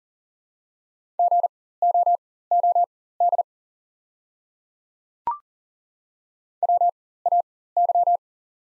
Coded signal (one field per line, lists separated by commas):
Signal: Morse code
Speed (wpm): 39 wpm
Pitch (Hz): 700 Hz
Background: none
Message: GOOD WAY